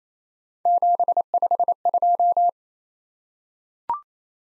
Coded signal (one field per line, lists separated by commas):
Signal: Morse code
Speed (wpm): 28 wpm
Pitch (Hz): 700 Hz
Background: none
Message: 752